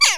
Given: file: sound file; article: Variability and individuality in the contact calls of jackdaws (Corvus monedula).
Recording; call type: jackdaw call; harmonic